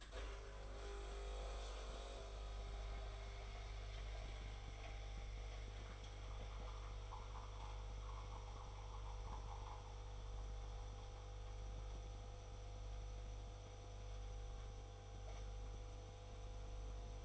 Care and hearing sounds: daily activity, microphone in the room; make coffee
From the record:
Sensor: 5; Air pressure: 991.0 hPa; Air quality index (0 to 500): 142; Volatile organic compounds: 116 ppm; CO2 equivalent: 3852 ppm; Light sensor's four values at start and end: 37/115/44/47 and 37/115/44/47

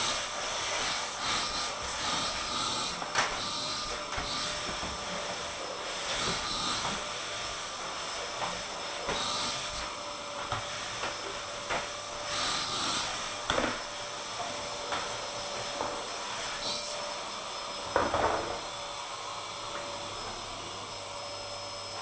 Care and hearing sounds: daily activity, microphone in the room; vacuum cleaning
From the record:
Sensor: 5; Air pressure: 988.8 hPa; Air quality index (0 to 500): 236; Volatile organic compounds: 200 ppm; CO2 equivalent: 4213 ppm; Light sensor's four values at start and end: 38/119/46/49 and 39/121/47/50

